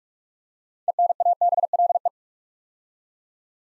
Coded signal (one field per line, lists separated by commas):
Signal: Morse code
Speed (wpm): 44 wpm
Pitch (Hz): 700 Hz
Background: none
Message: ENABLE